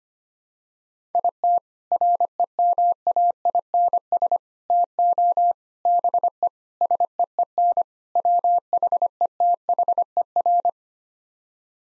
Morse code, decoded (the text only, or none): IT REMAINS TO BE SEEN WHETHER